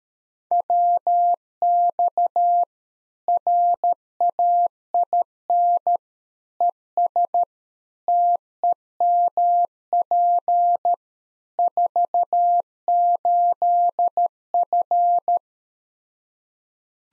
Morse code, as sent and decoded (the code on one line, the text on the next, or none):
.-- -..- / .-. .- .. -. / . ... / - . -- .--. / ....- ---.. ..-.
WX RAIN ES TEMP 48F